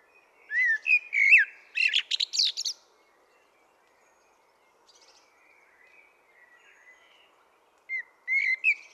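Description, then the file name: Common blackbird singing a mellow, fluting phrase that ends in a thin, high twitter, followed by a long near-silent gap before another warbled phrase starts. "Turdus merula"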